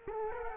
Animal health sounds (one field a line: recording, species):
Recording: mosquito wingbeat signal from an infrared sensor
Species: Culex quinquefasciatus